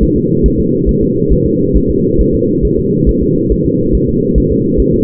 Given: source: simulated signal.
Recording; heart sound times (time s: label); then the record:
fetal heart sounds
0.03 s: S1
0.17 s: S2
0.46 s: S1
0.60 s: S2
0.89 s: S1
1.03 s: S2
1.33 s: S1
1.46 s: S2
1.76 s: S1
1.90 s: S2
2.21 s: S1
2.34 s: S2
2.65 s: S1
2.79 s: S2
3.09 s: S1
3.23 s: S2
3.52 s: S1
3.66 s: S2
3.95 s: S1
4.09 s: S2
4.38 s: S1
4.52 s: S2
4.80 s: S1
4.94 s: S2
From the record:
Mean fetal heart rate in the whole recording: 140 bpm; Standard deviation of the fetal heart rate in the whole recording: 2 bpm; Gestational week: 34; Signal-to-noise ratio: -11.2 dB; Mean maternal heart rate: 72 bpm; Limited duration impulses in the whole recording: present